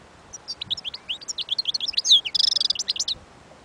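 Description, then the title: European goldfinch song: a rapid run of high twittering, tinkling notes with a brief buzzy burst near the end, over a quiet background. Wild bird. "اجمل غناءالحسون الخلويchant chardonneret sauvage collection"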